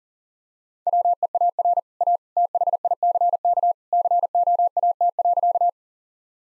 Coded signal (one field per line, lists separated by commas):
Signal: Morse code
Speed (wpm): 40 wpm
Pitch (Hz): 700 Hz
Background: none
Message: WEAR A THICK COAT.